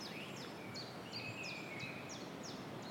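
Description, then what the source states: Common Chiffchaff song: short, high, dropping notes repeated steadily, with a softer whistling bird below and steady background hiss. Spring migrant arriving from sub-Saharan Africa.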